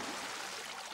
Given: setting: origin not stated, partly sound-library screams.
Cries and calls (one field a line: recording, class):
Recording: one-second piece from a danger detection set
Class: woman in danger